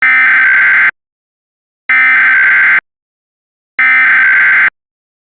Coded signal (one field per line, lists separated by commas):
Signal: Emergency Alert System (SAME) tones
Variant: header bursts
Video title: EAS test